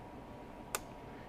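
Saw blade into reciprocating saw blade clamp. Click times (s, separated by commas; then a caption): 0.8 s. A saw blade is pushed through the shoe into the tool-free, spring-loaded blade clamp of a FLEX FX2241 24V brushless one-handed reciprocating saw. Against a steady low hiss, the lock ring snaps over with a single sharp click at 0.8 s, and the blade is seated and locked.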